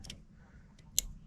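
A plastic MC4 solar connector is pushed into its mating connector on a fused positive lead. A couple of faint ticks come first, then a sharp, bright click at 0.99 s as the connector pair seats and locks together.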